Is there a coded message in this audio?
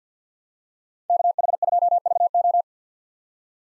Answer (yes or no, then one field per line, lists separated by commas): yes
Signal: Morse code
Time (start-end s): 1.1-2.6 s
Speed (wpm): 50 wpm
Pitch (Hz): 700 Hz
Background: none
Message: KH2VO